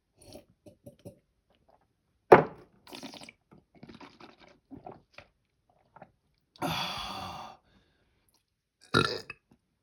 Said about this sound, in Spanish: Puta, qué rico es tomar agua, weón. Puta, qué rico es tomar agüita, weón. Puta, qué rica el agua, weón.